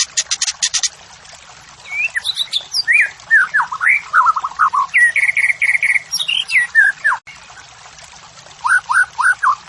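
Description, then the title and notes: White-rumped shama singing a rich varied phrase of looping whistles, quick rising slurs and a run of even repeated notes, with a short break before more upslurred notes. Morning song of the white-rumped shama, described as vigorous, used as a lure and tutoring recording for training caged songbirds and building their fighting spirit. "Masteran Murai. Pancingan Murai Batu Pagi Hari Melatih Mental Fighter. Murai Batu Gacor"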